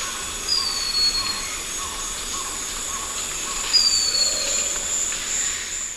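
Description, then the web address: White-chested puffbird song: two thin, high whistles, each sliding gently downward, about three seconds apart, over a steady hiss of insects. Eastern Lowlands of South America. "Natures Songs S America Eastern Lowlands Malacoptila fusca, song or call"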